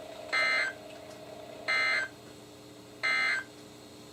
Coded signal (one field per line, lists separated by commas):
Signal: Emergency Alert System (SAME) tones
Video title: EAS #68-#75: A Few More | KHB36